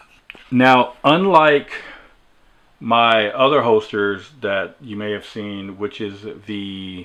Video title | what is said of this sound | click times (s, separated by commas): Dara Level 2 Holster for CZ Shadow 2 | hood that flips up and locks into place to prevent it so kind of that's your level two right there | 0.3 s